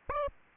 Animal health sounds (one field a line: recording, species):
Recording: mosquito wingbeat signal from an infrared sensor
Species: Aedes aegypti